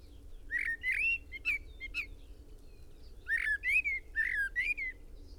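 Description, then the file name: Common blackbird song in two phrases, each made of several rounded, fluting whistles with brief high squeaky notes tucked between them. "Turdus merula"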